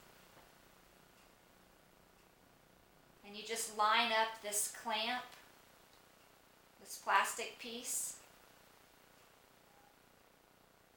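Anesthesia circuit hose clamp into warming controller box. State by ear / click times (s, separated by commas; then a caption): not seated / none. Someone talks while lining up the plastic clamp on an anesthesia circuit hose with the plastic piece of a warming controller box, getting ready to slide them together. The speech comes in two bursts, from about 3.3 to 5.3 seconds and from about 6.8 to 8.2 seconds, over a quiet background. Nothing has seated or clicked yet.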